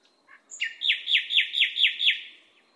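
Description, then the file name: Nightingale song: six rich, downslurred notes delivered quickly and evenly, with faint notes before and after. Masteran: a training recording played to cage birds so they learn the song. "suara masteran nightingale"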